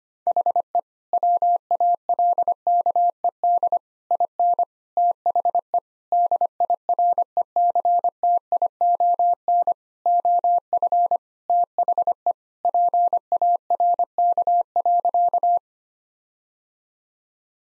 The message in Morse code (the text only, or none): HE WALKED IN THE DIRECTION OF THE PARK.